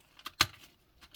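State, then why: Seated. The front panels of a plastic transforming robot figure are flipped up and pressed into place. A few soft handling taps come first, then a sharp click at 0.4 s as a panel seats, followed by quiet settling and a faint tap near the end.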